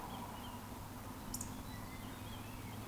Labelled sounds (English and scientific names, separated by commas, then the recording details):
Eurasian Woodcock (Scolopax rusticola) whistle
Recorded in Baden-Württemberg, Germany, on 13 June 2020 at 19:34 UTC
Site 14569, 102 m above sea level